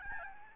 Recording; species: mosquito wingbeat signal from an infrared sensor; Aedes albopictus